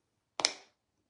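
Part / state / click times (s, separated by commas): locking sifter insert in a loose powder jar / released / 0.4 s, 0.5 s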